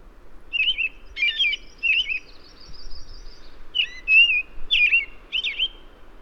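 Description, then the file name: American robin caroling clear, liquid whistled phrases, rising and falling, delivered in brief bursts with short gaps, over a quiet background. "Turdus migratorius - American Robin"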